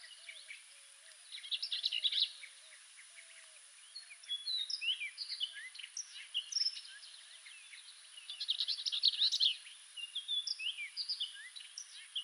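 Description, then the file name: Orchard oriole song with quick chattering bursts and scattered slurred whistles; a few low faint notes appear near the start. "Orchard Oriole - Icterus spurius"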